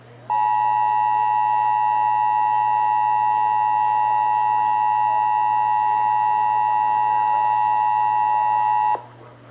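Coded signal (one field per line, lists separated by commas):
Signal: Emergency Alert System (SAME) tones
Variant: 853 and 960 Hz attention tone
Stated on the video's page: Severe thunderstorm warning relayed on an AM station.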